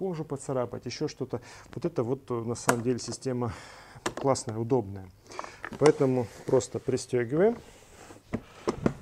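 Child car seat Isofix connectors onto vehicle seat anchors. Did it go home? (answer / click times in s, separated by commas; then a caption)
no / none. The two Isofix latch connectors of an Espiro Beta Isofix child car seat are being handled toward the vehicle seat's metal anchor brackets while someone talks, with two short sharp knocks near 8.3 s and 8.9 s. Nothing has seated or clicked yet.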